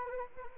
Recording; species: mosquito wingbeat signal from an infrared sensor; Anopheles arabiensis